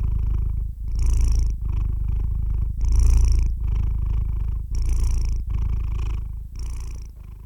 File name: Purr Tims